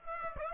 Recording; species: mosquito wingbeat signal from an infrared sensor; Aedes aegypti